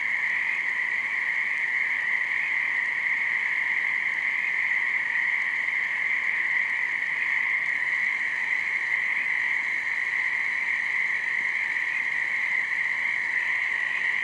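Frogs calling in a dense, unbroken chorus, a steady trilling hum that holds at an even level throughout with no pauses.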